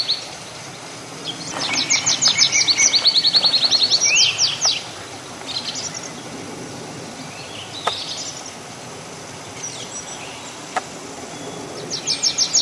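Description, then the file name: Tree pipit song: a three-second phrase of quick repeated high notes, then quieter scattered snippets and clicks, with another phrase starting at the end. "konek lesnojj"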